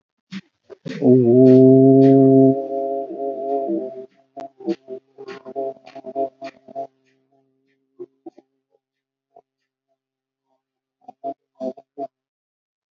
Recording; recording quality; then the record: sustained vowel as in boot; poor, much background noise or distortion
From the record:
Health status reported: COVID-19 positive, no symptoms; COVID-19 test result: positive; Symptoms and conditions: none ticked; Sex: male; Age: 44 years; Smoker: not ticked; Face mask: worn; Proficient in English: no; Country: India